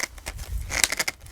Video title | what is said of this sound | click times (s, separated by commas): Dreo TurboPoly Fan 508S RGB Unboxing & REVIEW | we have a little click. | 0.8 s